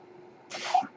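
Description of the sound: After a quiet half second, a brief airy whoosh with a faint tonal edge: the breath cycle of a home mechanical ventilator, heard in the background between spoken phrases.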